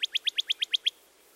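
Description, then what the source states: Northern Cardinal notes: eight short, bright whistled notes given rapidly and evenly, then silence. Downslurred 'cheer' phrase followed by repeated notes, two examples; both males and females sing; songs heard throughout the year.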